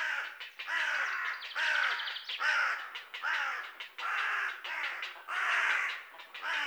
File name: Corvus corone